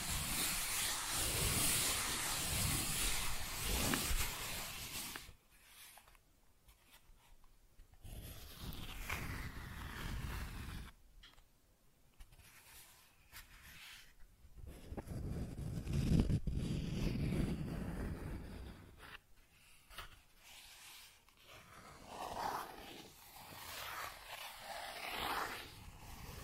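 Cardboard being scratched, traced and torn, in uneven bursts of rough, papery noise. A dense stretch fills the first five seconds, then gaps of near silence break up shorter scraping passages around 9, 13–17 and 20–26 seconds, with sharper rasps near 16 seconds.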